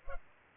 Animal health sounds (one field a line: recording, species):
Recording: mosquito wingbeat signal from an infrared sensor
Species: Culex pipiens